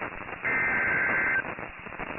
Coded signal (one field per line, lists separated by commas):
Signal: Emergency Alert System (SAME) tones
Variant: header bursts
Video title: EAS 29 - Flash Flood Warning Collin TX (With tornado warning update)